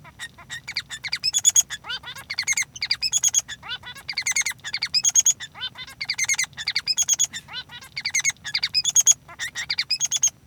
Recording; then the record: song of a male Bengalese finch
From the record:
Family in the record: son of father 3